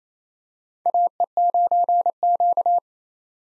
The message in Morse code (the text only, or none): AE9Q